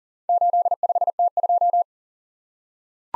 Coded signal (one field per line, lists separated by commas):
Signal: Morse code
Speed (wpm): 40 wpm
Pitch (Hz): 700 Hz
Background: none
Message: 85T2